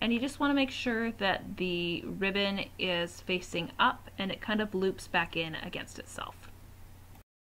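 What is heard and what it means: A flat ribbon cable end with its chip is handled at the printer head of a Glowforge laser, with the ribbon facing up and looping back against itself, while someone talks over a steady low hum. Nothing has seated or clicked into the printer head yet.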